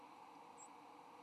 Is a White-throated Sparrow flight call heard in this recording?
no